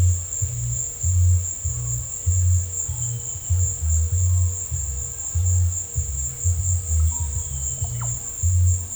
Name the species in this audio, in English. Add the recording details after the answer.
Russet-backed Oropendola. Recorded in pastures near Puerto Asís, Putumayo, Colombia, on 22 December 2024 at 17:00. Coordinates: 0.496, -76.326. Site G004